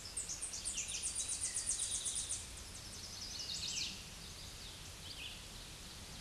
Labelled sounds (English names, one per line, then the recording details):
Chestnut-sided Warbler song
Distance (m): 15 m
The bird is about 5 m above the microphone
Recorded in a Pennsylvania forest on 16 May 2024 at 07:59
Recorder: AudioMoth, point MSD-0178
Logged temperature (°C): 15.3 °C
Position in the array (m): 80 m, 71 m